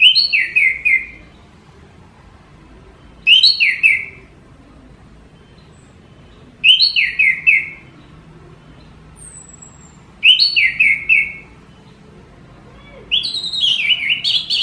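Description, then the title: Orange-headed thrush song, short descending whistled phrases given about every three seconds with quiet gaps between them. Strongly singing champion bird. "Suara Burung Anis Merah Gacor Teler Doyorng Juara"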